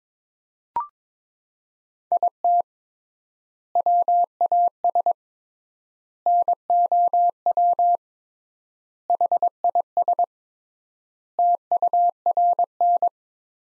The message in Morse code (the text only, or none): IT WAS NOW HIS TURN